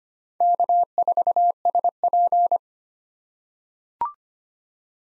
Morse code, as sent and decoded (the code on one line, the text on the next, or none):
-.- ....- ... .--.
K4SP